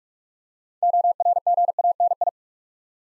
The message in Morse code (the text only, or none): ORGANI